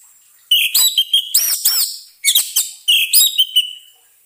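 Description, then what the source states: Orange-headed thrush song with loud, clear whistles that swoop up and down, given in three quick bursts over about four seconds. Song therapy for an orange-headed thrush that has stopped singing.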